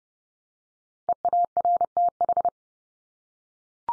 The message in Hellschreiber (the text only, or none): none